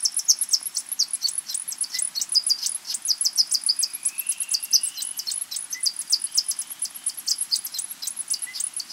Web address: Natures Songs S America Mammals of the Rainforest White-lined sac-winged bat